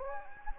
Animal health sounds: mosquito wingbeat signal from an infrared sensor; Anopheles gambiae

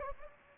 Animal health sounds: mosquito wingbeat signal from an infrared sensor; Anopheles gambiae

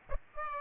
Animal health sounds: mosquito wingbeat signal from an infrared sensor; Aedes aegypti

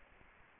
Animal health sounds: mosquito wingbeat signal from an infrared sensor; Aedes aegypti

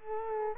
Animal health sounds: mosquito wingbeat signal from an infrared sensor; Culex quinquefasciatus

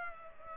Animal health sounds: mosquito wingbeat signal from an infrared sensor; Culex pipiens

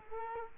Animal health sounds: mosquito wingbeat signal from an infrared sensor; Culex quinquefasciatus

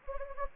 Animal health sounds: mosquito wingbeat signal from an infrared sensor; Anopheles gambiae

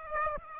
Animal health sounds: mosquito wingbeat signal from an infrared sensor; Aedes aegypti

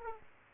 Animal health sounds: mosquito wingbeat signal from an infrared sensor; Aedes aegypti

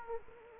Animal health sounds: mosquito wingbeat signal from an infrared sensor; Aedes aegypti

